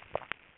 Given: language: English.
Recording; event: throat vibration sensor signal played as sound; swallow